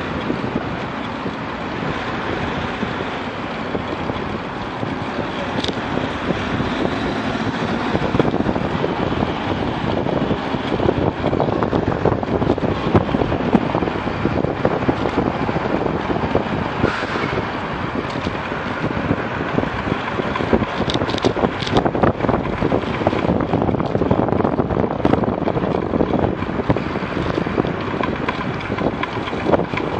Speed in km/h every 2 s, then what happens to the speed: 25, 28, 32, 32, 34, 34, 36, 31, 25, 27, 30, 30, 29, 31, 29.
0-8 speeds up to 34. 8-13 steady at about 34. 13-16 brakes to 25. 16-30 steady at about 29.